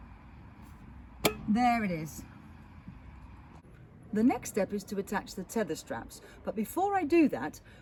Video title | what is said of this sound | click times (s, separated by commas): How To Install The BeSafe Stretch Extended Rear Facing Car Seat | and then you'll hear a click there | 1.3 s